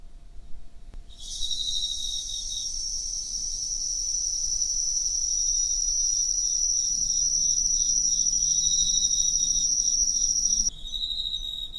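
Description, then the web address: Cricket song as a loud, steady high trill lasting nearly ten seconds with a faint low hum partway through, then chirping. "Hoerbeispiele Grillen"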